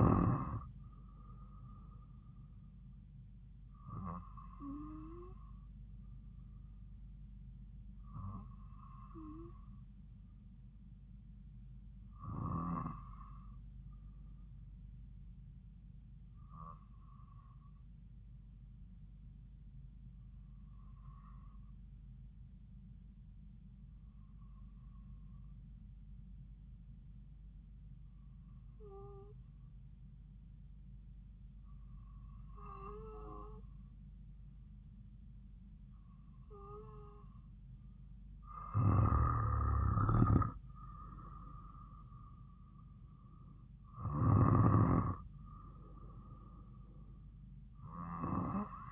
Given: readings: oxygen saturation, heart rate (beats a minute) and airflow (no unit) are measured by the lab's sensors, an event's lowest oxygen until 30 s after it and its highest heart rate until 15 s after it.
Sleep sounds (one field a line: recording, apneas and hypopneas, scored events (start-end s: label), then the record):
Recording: breathing in sleep by a smartphone at the bedside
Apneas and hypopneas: 1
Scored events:
14.00-34.90 s: hypopnea (N2, oxygen 96% highest, then 92% lowest)
From the record:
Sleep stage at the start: N2 (light sleep)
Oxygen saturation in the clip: 92 to 96%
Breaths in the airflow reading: 12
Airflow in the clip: -5.5 to 7.6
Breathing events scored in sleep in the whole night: 270 in 6.1 hours asleep